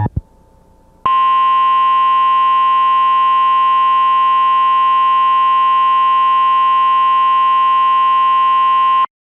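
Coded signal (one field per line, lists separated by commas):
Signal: Emergency Alert System (SAME) tones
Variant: 1050 Hz attention tone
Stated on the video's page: Mock EAS tornado warning with self-created audio, based on a real alert.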